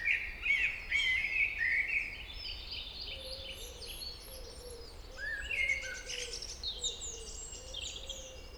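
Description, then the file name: Common blackbird opening with a warbled whistled phrase, later a second rising phrase, among high squeaky twittering and a faint low steady tone. "Turdus merula"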